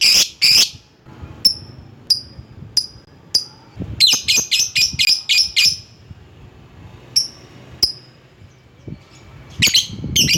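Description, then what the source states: Lovebird calls: loud shrill squawks at the start, then a series of sharp high chips, a rapid burst of chips midway, and more squawks at the end. Calling a rival.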